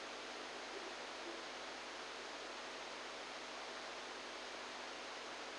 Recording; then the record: brain microelectrode recording played as sound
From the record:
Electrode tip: outside the subthalamic nucleus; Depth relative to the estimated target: -6 mm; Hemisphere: right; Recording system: NeuroSet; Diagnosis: Parkinson's disease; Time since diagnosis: 10 years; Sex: male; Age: 63 years